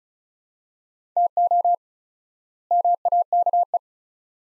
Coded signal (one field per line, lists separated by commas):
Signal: Morse code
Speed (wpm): 36 wpm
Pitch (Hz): 700 Hz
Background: none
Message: TO MAKE